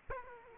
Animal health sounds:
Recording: mosquito wingbeat signal from an infrared sensor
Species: Aedes aegypti

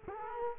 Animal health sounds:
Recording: mosquito wingbeat signal from an infrared sensor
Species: Culex quinquefasciatus

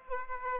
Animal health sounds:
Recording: mosquito wingbeat signal from an infrared sensor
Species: Aedes aegypti

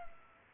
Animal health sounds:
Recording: mosquito wingbeat signal from an infrared sensor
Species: Culex pipiens

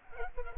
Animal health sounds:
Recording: mosquito wingbeat signal from an infrared sensor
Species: Culex pipiens

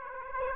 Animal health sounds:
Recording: mosquito wingbeat signal from an infrared sensor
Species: Aedes aegypti

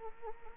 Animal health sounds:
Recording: mosquito wingbeat signal from an infrared sensor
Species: Anopheles arabiensis

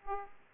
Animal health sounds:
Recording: mosquito wingbeat signal from an infrared sensor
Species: Aedes aegypti

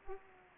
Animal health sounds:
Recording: mosquito wingbeat signal from an infrared sensor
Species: Aedes aegypti

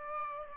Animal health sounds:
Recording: mosquito wingbeat signal from an infrared sensor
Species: Aedes aegypti

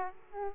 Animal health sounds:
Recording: mosquito wingbeat signal from an infrared sensor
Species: Aedes aegypti

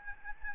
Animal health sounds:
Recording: mosquito wingbeat signal from an infrared sensor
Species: Aedes albopictus

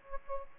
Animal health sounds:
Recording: mosquito wingbeat signal from an infrared sensor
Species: Aedes aegypti

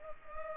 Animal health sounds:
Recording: mosquito wingbeat signal from an infrared sensor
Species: Culex pipiens

